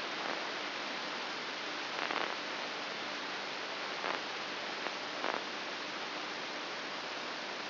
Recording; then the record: brain microelectrode recording played as sound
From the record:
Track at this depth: outside the subthalamic nucleus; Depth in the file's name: 6.501 mm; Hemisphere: right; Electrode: 2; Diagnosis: Parkinson's disease